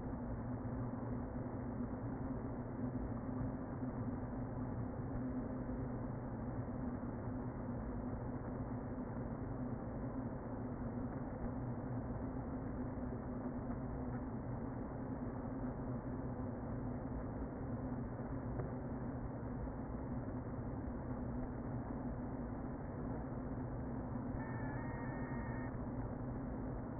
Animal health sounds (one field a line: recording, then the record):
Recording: honeybee colony, microphone inside the hive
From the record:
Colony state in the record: queen present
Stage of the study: before two queens were removed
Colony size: about 60,000 bees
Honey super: yes